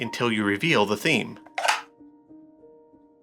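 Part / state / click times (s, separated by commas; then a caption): printed box lid snapping into its open heart position on the box body / seated / 1.6 s. Someone talks, then the lid of a 3D-printed PLA box is swung to the side and snaps into its open heart position on the box body with a sharp click at 1.6 s. The lid seats, forming a heart, and only a faint steady tonal background remains afterward.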